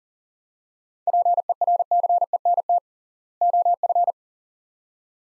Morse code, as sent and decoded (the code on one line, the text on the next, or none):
.--. . .-. -.-. . -. - / --- ..-.
PERCENT OF